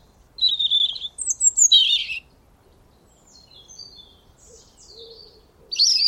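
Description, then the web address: European robin delivering high, liquid warbled phrases with sliding whistles, followed by quiet soft twittering in the background and a fresh bright phrase starting at the close. "Deverinetal 2025 File origin Bird Only Er Ru"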